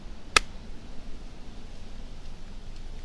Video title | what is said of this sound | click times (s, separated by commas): C2GFab Tahoma Sheath | hear this snap into place | 0.4 s